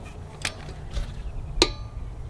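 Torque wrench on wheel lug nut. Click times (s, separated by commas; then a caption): 1.6 s. A click-type torque wrench tightens the next wheel lug nut to its setting, crosswise in turn, and clicks sharply at 1.6 s to confirm the nut has reached its set torque. Fainter sharp ticks come at about 0.5 s and a louder one at 2.3 s. The nuts are torqued this way because lug nuts that are too loose can fall off and ones that are too tight can also cause trouble.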